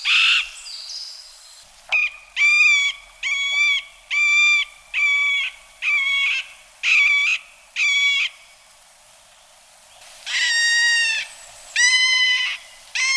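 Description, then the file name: Middle spotted woodpecker giving drawn-out nasal, harmonic quacking notes in a steady series, then a short pause and three more richer ones. "Pic mar"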